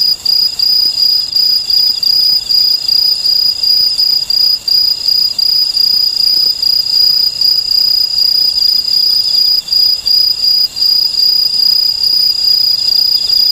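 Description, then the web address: Aomatsumushi tree cricket trilling loudly at a high, even pitch, a rapid pulsing ringing song that carries on almost without pause. "sikioto insect aomatsumushi"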